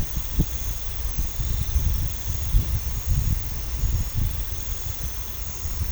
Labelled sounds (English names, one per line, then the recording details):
none
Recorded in pastures near Puerto Asís, Putumayo, Colombia, on 18 December 2024 at 22:30
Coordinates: 0.486, -76.323
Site GP01